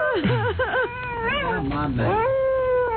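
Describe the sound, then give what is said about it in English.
A Doberman dog vocalizes in a series of whiny, wavering yowls that rise and fall in pitch, ending in a longer, steadier drawn-out cry, fairly loud and with no talking over it. “And there's the Doberman.”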